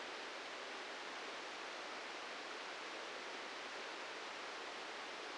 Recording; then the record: brain microelectrode recording played as sound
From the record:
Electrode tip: inside the subthalamic nucleus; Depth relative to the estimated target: -2 mm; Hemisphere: right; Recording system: NeuroSet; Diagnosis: Parkinson's disease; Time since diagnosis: 13 years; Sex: male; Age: 65 years